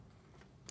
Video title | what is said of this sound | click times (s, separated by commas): Patriotic Floral Card! Happy 4th of July! | Oh, there we go. It's on this side. That's why. It'll lock into place once you get it right. | 0.7 s